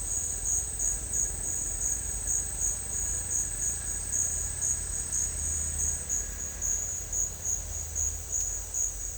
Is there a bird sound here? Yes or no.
no